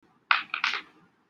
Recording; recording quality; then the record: sustained vowel as in beet; poor, much background noise or distortion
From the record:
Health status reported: COVID-19 positive, mild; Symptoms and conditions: cough, sore throat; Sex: female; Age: 33 years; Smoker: not ticked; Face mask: not worn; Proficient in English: yes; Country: India